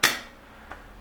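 A metal lid with a raised ridge is pressed onto a steel canteen cup and snaps into place at 0.0 s with a sharp metallic clack that rings briefly. A softer tick follows at 0.7 s, and the lid stays locked on so it won't fall off when tipped.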